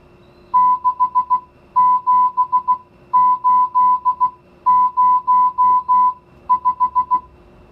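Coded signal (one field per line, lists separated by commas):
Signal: Morse code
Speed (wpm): 16 wpm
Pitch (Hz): 1000 Hz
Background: music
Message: 67805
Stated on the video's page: Morse receiving lesson with mixed digits 0-9 for listening and writing practice.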